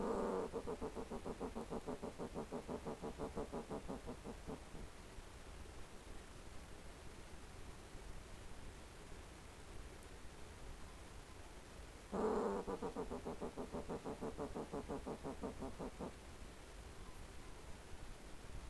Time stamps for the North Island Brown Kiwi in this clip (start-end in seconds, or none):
none